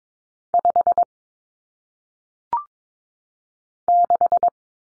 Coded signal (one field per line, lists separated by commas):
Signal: Morse code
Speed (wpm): 22 wpm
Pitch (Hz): 700 Hz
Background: none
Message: 5 6